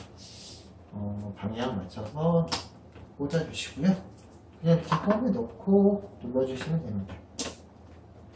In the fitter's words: 보시면 약간의 그 홈이 있어서 딸깍 소리가 나는데 이렇게 툭툭 눌러주시면 돼요.